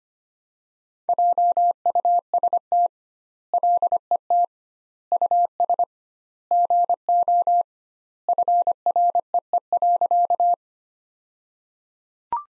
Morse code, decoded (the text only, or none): JUST LET US GO FREE.